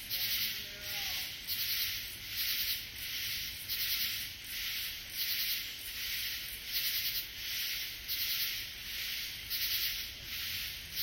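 Katydid call: loud, broad rasping pulses repeated steadily about every second and a half, with a continuous high hiss between them.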